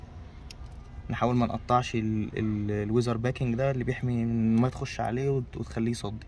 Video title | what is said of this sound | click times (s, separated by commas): حل مشكلة اهتزاز محرك سياره ميجان | Clicks when it locks in place. | 0.5 s